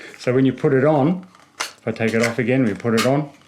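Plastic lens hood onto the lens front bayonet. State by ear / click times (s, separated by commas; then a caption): not seated / none. A plastic lens hood is taken off and twisted back onto the front bayonet of a Viltrox F1.8 prime lens for Nikon Z mount while someone talks. Brief handling rustles come between the words, but the hood has not yet clicked or seated into place when the clip ends.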